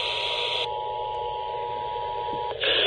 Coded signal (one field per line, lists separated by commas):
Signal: Emergency Alert System (SAME) tones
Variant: 853 and 960 Hz attention tone